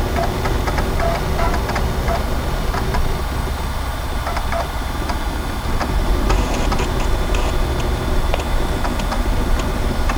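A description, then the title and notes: Old computer machinery hums steadily, with a dense low rumble and a constant whine running through all ten seconds. Small, irregular ticks and clicks, like a drive seeking, sound over the drone, coming thicker after about six seconds. VINTAGE COMPUTING • Take a Trip Back to the 90s.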